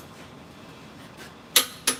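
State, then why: Torque reached. A click-type torque wrench is tightened on the next fastener and gives a sharp click at 1.6 s as the set torque is reached, confirming the fastener is torqued to setting. A second sharp sound follows at 1.9 s against a quiet background.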